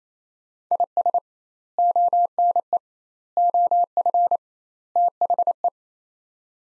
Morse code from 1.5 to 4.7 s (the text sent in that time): ONE OF